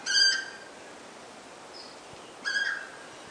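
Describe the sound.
Purple moorhen giving two short, harsh nasal calls about two seconds apart, each rich in overtones, over a steady background hiss.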